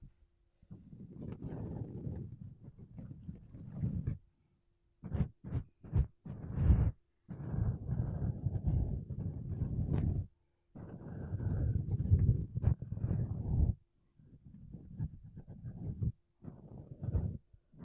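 Makeup brushes and a sponge rub against a microphone in bursts of dense, low, rustling scratching. Longer sweeps of a few seconds alternate with quick short strokes around five to seven seconds, separated by brief silences, with occasional sharp taps cutting through.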